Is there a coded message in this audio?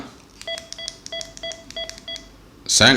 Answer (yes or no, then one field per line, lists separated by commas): no